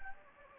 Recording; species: mosquito wingbeat signal from an infrared sensor; Anopheles gambiae